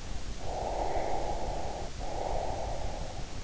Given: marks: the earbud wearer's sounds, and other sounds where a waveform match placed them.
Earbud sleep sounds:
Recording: sounds in sleep by an in-ear microphone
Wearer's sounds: breath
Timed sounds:
0.34-3.13 s: breath

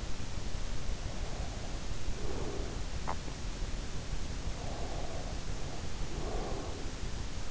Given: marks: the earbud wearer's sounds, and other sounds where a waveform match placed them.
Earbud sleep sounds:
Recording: sounds in sleep by an in-ear microphone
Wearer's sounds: breath, teeth grinding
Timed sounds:
0.92-2.89 s: breath
2.89-3.51 s: teeth grinding
4.53-7.19 s: breath

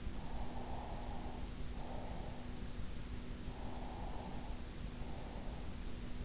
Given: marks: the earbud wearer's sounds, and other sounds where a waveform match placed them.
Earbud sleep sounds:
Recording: sounds in sleep by an in-ear microphone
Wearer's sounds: breath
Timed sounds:
0.26-2.26 s: breath
3.55-6.25 s: breath

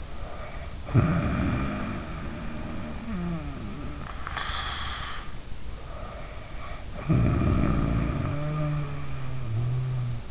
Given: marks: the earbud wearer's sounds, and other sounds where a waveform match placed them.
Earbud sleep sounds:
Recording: sounds in sleep by an in-ear microphone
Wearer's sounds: snoring breath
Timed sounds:
0.00-5.41 s: snoring breath
5.67-10.31 s: snoring breath

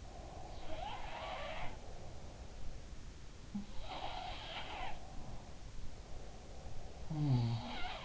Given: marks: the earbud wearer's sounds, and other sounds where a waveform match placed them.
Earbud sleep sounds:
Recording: sounds in sleep by an in-ear microphone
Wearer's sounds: breath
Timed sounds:
0.00-2.48 s: breath
0.55-2.99 s: sound from someone else or the room
4.52-7.21 s: breath
7.02-8.05 s: sound from someone else or the room

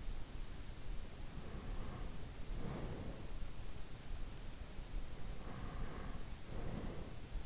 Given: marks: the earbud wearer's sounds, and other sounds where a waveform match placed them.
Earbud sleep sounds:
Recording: sounds in sleep by an in-ear microphone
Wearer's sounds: breath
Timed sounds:
1.25-3.59 s: breath
4.93-7.39 s: breath

